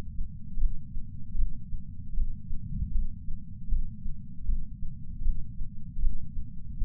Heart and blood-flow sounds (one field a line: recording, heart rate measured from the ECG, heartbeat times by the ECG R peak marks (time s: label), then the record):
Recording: heart sounds by patch sensor on the chest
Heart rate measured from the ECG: 77 bpm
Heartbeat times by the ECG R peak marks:
0.57 s: heartbeat
1.35 s: heartbeat
2.13 s: heartbeat
2.91 s: heartbeat
3.68 s: heartbeat
4.45 s: heartbeat
5.21 s: heartbeat
5.99 s: heartbeat
6.77 s: heartbeat
From the record:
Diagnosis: coronary artery disease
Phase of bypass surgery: intraoperative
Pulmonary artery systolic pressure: 27 mmHg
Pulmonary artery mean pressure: 19 mmHg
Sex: male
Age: 74 years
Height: 170 cm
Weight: 75 kg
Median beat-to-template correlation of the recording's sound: 0.89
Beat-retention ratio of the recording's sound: 0.97